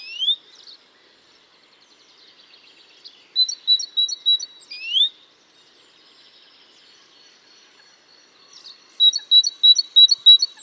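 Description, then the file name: Great tit calls: whistled rising slurs alternating with repeated trains of crisp, evenly spaced high notes, several notes per second. "Parus major"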